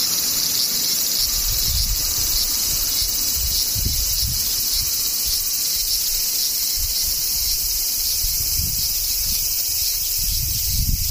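Cicadas buzz in a dense, unbroken shrill drone that holds steady for the whole clip, bright and high with no pauses. Underneath, a low irregular rumble swells and fades, like wind buffeting the microphone.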